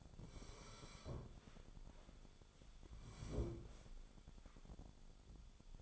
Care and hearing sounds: daily activity, microphone in the room; sit down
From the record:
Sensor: 5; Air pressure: 1015.4 hPa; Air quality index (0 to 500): 175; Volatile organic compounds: 6 ppm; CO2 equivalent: 1902 ppm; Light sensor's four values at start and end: 37/83/34/33 and 37/84/34/33

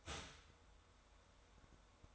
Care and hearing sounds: daily activity, microphone in the room; start toaster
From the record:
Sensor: 3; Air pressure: 1014.7 hPa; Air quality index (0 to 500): 199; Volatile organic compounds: 25 ppm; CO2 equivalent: 2848 ppm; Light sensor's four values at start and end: 4/10/4/4 and 4/10/4/4

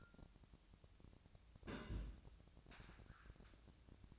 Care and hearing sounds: daily activity, microphone in the room; place on stove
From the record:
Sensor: 2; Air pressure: 999.9 hPa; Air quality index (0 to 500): 122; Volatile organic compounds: 2 ppm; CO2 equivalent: 1056 ppm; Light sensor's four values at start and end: 36/88/39/44 and 36/89/39/44

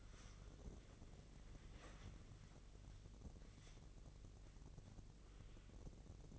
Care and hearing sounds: daily activity, microphone in the room; wipe stove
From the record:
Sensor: 4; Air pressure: 1013.2 hPa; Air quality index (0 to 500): 178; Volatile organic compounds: 2 ppm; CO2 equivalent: 1122 ppm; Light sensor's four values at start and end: 94/236/97/103 and 94/237/98/104

